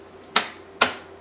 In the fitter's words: and hear the click in